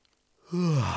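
yawning

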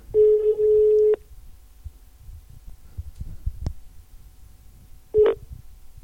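phone ringing tone

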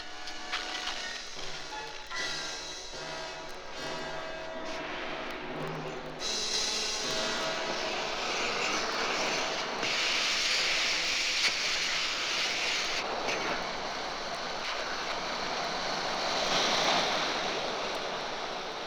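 rocket launch roar

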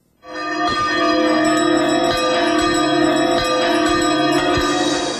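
two bells ringing

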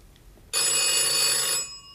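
telephone bell ringing

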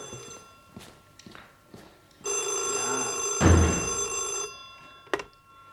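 telephone ringing

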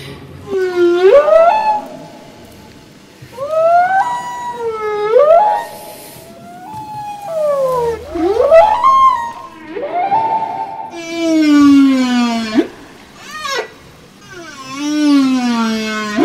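whale vocalizations

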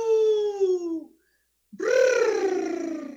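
wolf howl

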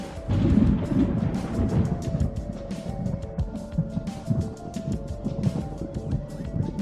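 thunderstorm with rolling thunder

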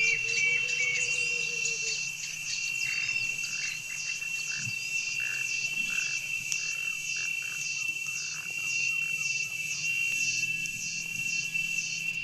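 cicadas singing

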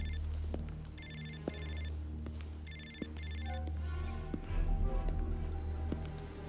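telephone ringing

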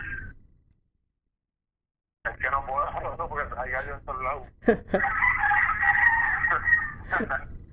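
roosters crowing

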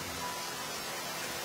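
rain falling

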